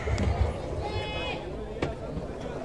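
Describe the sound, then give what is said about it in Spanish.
Hurried running footsteps of a person hurrying up during a civil wedding ceremony thud over a steady murmur of crowd chatter, with a couple of sharper impacts standing out toward the end. “Así es, viene corriendo, no se preocupe, te calma, calma, no pasa nada.”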